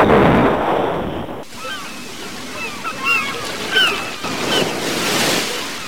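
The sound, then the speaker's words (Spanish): Ocean waves wash and surge with a steady rush of wind across the open sea around a raft some hours after leaving Cuba, swelling louder toward the end, while faint high, chirping calls flicker over the middle. “Pasaron algunas horas desde que se echaron a la mar y con las últimas visiones de la isla de Fidel, estalla el primer conflicto sobre la balsa.”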